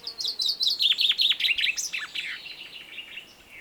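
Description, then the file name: Common chaffinch song: a loud descending series of bright, rapid notes, fading at the end. "Fringilla coelebs"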